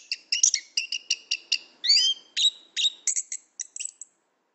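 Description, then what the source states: Orange-headed thrush singing a short burst of quick repeated chips and whistles, one longer slurred note in the middle, then fading into brief high notes. Described as gacor, in vigorous song.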